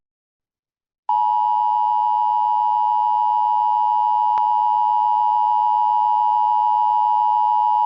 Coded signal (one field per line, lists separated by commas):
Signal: Emergency Alert System (SAME) tones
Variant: 853 and 960 Hz attention tone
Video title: EAS Moment: KFRG done did it late again! (7/18/26)